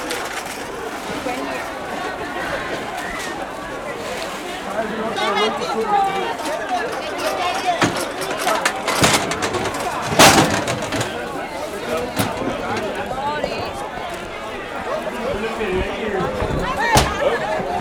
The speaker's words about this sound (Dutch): En het is echt zo'n enorme drukte.